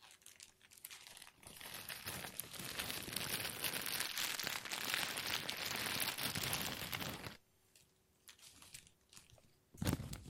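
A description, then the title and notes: Plastic is crinkled in a dense, crackling burst that starts around 1.5 seconds and runs steadily until about 7.5 seconds, bright and busy throughout. It then drops to near silence with a faint low hum, broken by a few small rustles and a short crinkle near the end. ASMR Plastic Crinkle No Talking.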